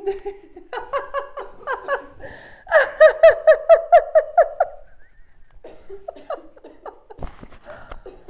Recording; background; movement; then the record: laughter; a bystander coughing; sitting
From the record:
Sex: female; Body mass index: 21.8 kg/m2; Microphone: on the chest, facing outward